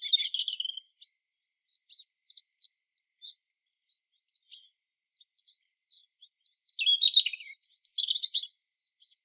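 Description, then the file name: European robin song: a louder opening phrase, then soft, rapid high twittering notes, before louder high phrases and a high whistle near the end. "Erithacus rubecula"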